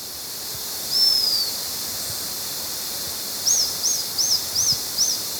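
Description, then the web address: White-fronted Tyrannulet: a long, thin, slowly falling whistle, then a run of five rapid high arched notes, all over a steady hiss. Ecuador. "Natures Songs S America Birds of Ecuador 3 White-Fronted Tyrannulet"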